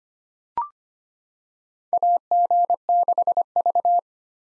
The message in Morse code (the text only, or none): AG6V